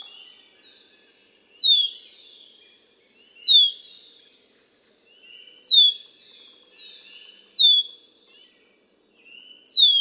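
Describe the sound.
Red-winged blackbird calls: loud, piercing whistles sliding steeply downward, repeated five times about every two seconds, with soft lower notes between them.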